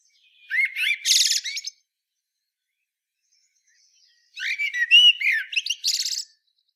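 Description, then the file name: Common blackbird song: two mellow whistled phrases, each closing with a burst of thin, high scratchy twittering, with a silent gap of about two and a half seconds between them. "Turdus merula"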